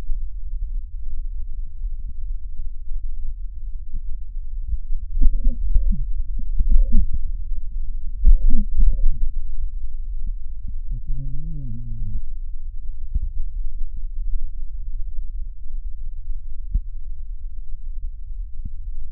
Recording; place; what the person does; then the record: lung sounds by stethoscope; left posterior basal chest; quiet breathing, then cough and speech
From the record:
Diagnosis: COPD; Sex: male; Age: 78 years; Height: 162 cm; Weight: 66.4 kg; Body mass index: 25.3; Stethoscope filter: bell mode